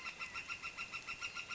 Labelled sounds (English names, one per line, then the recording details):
Northern Flicker
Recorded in Sonoma County, California